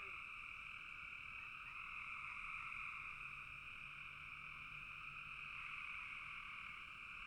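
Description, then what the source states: Many frogs calling together as one steady, shimmering trill that never pauses. Frogs calling in a bog.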